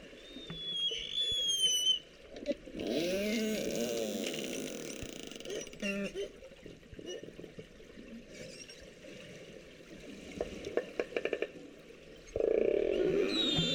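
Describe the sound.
Beluga whistles and pulsed calls: high sliding whistles open, then bursts of buzzy pulsed sound and rapid click trains with squeaky rising tones toward the end.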